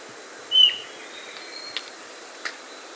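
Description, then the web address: Ochre-breasted antpitta giving a single short pure whistle, followed by faint clicks over steady background hiss. South America. "Natures Songs S America Ochre-Breasted Antpitta"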